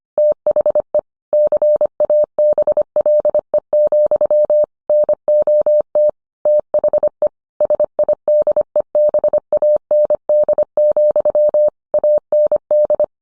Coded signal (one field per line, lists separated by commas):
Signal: Morse code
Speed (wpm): 25 wpm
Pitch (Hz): 600 Hz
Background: none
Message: THE CABLE, NOT THE SIDEBAND, AND